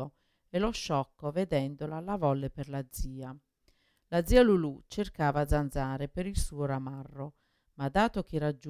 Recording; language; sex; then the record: read passage; Italian; female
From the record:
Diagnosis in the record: Parkinson's disease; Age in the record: 61 years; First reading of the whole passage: 53 s, 9.7 characters per second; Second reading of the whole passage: 51 s, 10.1 characters per second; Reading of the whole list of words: 49 s, 5.7 characters per second